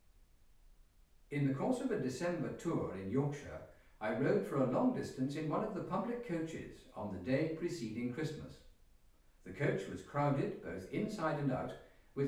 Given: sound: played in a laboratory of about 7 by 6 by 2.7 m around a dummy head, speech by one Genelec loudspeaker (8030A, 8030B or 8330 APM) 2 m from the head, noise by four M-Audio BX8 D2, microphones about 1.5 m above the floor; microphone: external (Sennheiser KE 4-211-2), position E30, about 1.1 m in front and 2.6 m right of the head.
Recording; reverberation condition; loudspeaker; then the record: male speech in English; medium; 90 degrees to the left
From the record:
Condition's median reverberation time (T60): about 510 ms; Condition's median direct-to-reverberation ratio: about -0.5 dB